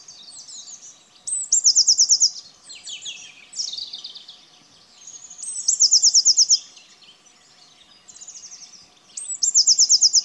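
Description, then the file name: Eurasian blue tit singing four quick, ringing trills a few seconds apart, each opened by a high thin note, over a background of other birds' soft chirps. "Cyanistes caeruleus"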